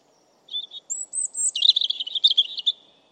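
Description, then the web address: European robin song: a soft high note, then a long thin whistle leading into a rapid, jangling series of twittering trills. "Deverinetal 2025"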